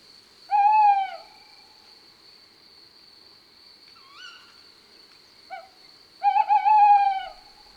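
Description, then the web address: Tawny owl hooting: a long steady hoo, a pause with a few soft notes, then a quavering wavering hoooo, over a constant high tone. "la chouette hulotte. album cuicui-et-compagnie"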